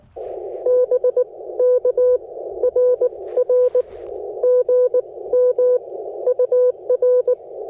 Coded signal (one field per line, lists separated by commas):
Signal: Morse code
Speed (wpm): 19 wpm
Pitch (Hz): 500 Hz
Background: none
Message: BK RR GM UR